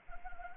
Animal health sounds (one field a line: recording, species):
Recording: mosquito wingbeat signal from an infrared sensor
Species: Anopheles gambiae